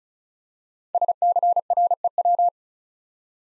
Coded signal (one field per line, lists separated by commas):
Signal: Morse code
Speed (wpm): 36 wpm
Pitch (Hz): 700 Hz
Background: none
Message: SCREW